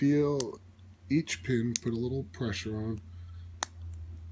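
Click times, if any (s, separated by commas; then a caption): 3.6 s. Someone talks while single-pin picking a pin tumbler in a padlock cylinder, using a hook pick under light tension to lift a metal pin. After the talking stops, a sharp, loud click at 3.6 s marks the pin setting at the shear line, followed by a few faint ticks. The pin is seated.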